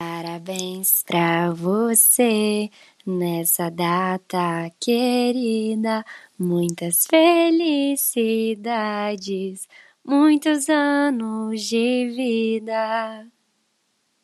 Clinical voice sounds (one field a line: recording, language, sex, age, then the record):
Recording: short text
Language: Brazilian Portuguese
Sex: female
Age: 20 to 29 years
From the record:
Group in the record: control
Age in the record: 23 years